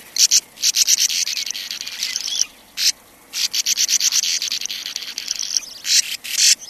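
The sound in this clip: Sand martin calls, dry rasping bursts in quick runs, broken by short quiet gaps near three seconds and again before six.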